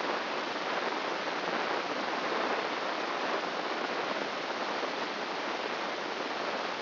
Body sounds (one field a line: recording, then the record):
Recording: brain microelectrode recording played as sound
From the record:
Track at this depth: outside the subthalamic nucleus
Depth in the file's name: 8.628 mm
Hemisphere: left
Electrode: 3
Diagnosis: Parkinson's disease